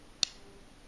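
The hinged loading gate on the steel frame of an Uberti 1873 Cattleman .45 Colt revolver, with the hammer at half cock, is flipped open to free the cylinder. A single sharp, bright click sounds at 0.2 s over quiet background. The gate is released open.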